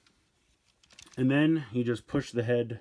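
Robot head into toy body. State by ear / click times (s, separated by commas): not seated / none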